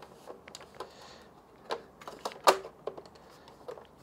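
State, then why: Released. A PlayStation 4 game console's plastic top cover is pushed back and then forward on the console chassis to unlatch it and take it off. The clips click as they let go at 0.6, 2.2, 2.5 and 2.9 seconds, the one at 2.5 seconds loudest, among softer plastic taps and rattles. The cover is released.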